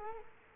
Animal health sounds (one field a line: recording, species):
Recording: mosquito wingbeat signal from an infrared sensor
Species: Culex quinquefasciatus